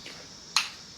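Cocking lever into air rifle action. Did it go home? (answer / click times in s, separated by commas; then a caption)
released / 0.6 s. A cocked Kral Puncher Knight air rifle is decocked by pulling the cocking lever back, pulling the trigger and pushing the lever forward into the action. A single small, sharp click sounds at 0.6 s against quiet background hiss. The rifle is released from cock.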